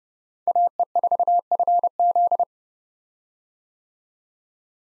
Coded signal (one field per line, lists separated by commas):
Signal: Morse code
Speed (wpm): 32 wpm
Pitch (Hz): 700 Hz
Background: none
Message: AE4FZ